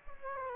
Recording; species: mosquito wingbeat signal from an infrared sensor; Culex quinquefasciatus